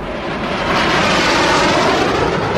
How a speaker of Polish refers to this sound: 10 samolotów startuje!